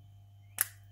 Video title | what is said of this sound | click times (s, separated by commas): TUTO - jauge à essence qui délire - HD vrod | Voilà, ça clipse. | 0.6 s